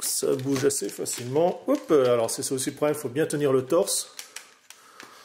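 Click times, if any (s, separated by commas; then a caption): none. Someone talks while handling a plastic armor piece against the torso of a Transformers Robots in Disguise Fire Convoy Optimus Prime Super Class transforming robot toy, holding the torso firmly to clip the piece onto the top. After the talking, faint short handling ticks are heard near the end. Nothing has seated or clicked yet; the piece is not yet home.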